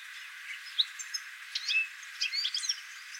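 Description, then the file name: European goldfinch uttering a few sharp high notes, then brief tumbling bursts of tinkling twitters in the second half, over light hiss. "Carduelis carduelis"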